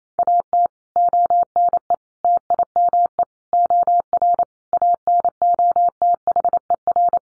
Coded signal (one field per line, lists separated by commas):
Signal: Morse code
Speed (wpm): 28 wpm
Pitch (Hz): 700 Hz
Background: none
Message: AT ONE TIME OR ANOTHER